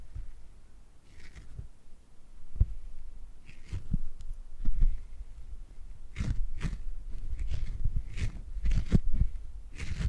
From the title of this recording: Purring Triggers